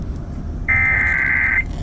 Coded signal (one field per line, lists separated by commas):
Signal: Emergency Alert System (SAME) tones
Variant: header bursts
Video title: HELLO SUMMER 2024.... EAS Alerts from 6/5-6/24 (New EAS 480-487*) (READ DESC)